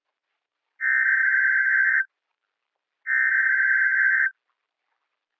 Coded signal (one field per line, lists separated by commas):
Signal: Emergency Alert System (SAME) tones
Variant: header bursts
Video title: NOAA WEATHER RADIO- Required Weekly Test-Dec 11, 2019 12:00pm PST(audio)